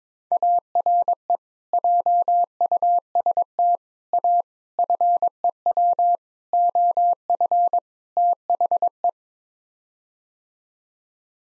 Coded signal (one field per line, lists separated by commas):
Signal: Morse code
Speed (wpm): 22 wpm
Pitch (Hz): 700 Hz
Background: none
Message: ARE JUST A FEW OF THE